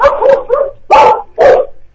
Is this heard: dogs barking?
yes